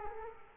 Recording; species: mosquito wingbeat signal from an infrared sensor; Culex quinquefasciatus